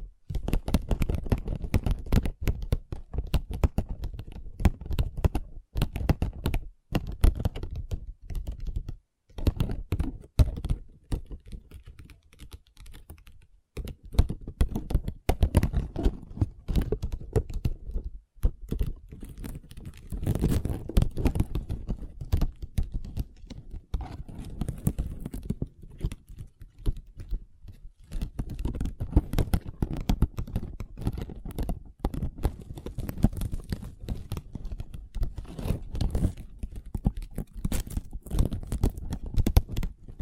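Long nails tap and scratch on a table in a dense, busy run of small clicks and scrapes that rarely stops. The tapping is quick and irregular, with short pauses near 9 and 13 seconds, and a low thud sits under many strikes.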